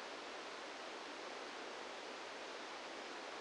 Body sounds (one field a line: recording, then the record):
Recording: brain microelectrode recording played as sound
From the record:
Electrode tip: outside the subthalamic nucleus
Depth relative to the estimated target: -6 mm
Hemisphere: right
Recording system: NeuroSet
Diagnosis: Parkinson's disease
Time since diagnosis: 17 years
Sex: male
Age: 64 years